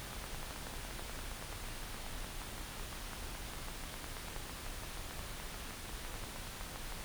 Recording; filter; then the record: brain microelectrode recording played as sound; wide band, above 20 Hz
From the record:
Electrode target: subthalamic nucleus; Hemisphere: right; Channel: 1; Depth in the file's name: 5.102 mm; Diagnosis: Parkinson's disease